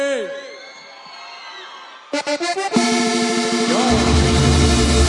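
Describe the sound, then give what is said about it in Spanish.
A live concert crowd in Mexico City whoops and shouts over a faint sustained tone, then a burst of rhythmic pulses leads into loud, dense cumbia music with steady bass and continued cheering. “Que se escuche el grito, mi gente.”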